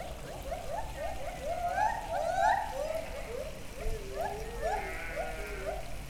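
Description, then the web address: White-handed gibbon hooting: rapid rising notes in bursts, overlapping calls from more than one animal, with a smoother gliding call midway and a constant low hum. Captive gibbons at a zoo in Debrecen, recorded in 2012; they warm up their voices and then move on; babbling water noted. "allathangok debrecenizoo 2012 feherkezugibbon hangolnakmajdtovabballnak csobogo"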